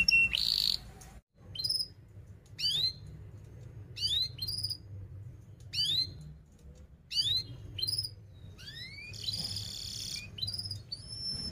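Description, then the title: Canary song in short separated bursts of high sweeping whistles every second or two, with low background noise between phrases. Canary song used as a lure to teach young canaries to sing; described as a fast, dense 'cuit cuit' style song. "Kenari Gacor Speed RAPAT Cuit Cuit Ngero L Suara Bagus Untuk Pancingan Kenari Paud Belajar Bunyi"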